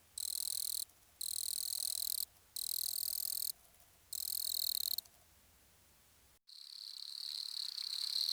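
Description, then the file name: Wood cricket song, high whirring trills in bursts about a second long with brief pauses, then one longer unbroken trill. "grillon des bois nemobius sylvestris. naturophonia"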